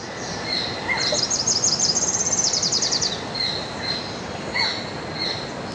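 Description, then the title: Tropical parula song: a high, buzzy trill of rapid notes lasting about two seconds, with short whistled notes before and after over steady hiss. Subspecies alarum. "LuckyPassaro Completos2Sama. Tropical Parula (Setophaga pitiayumi alarum)"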